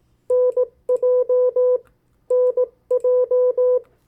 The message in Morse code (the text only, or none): NJ NJ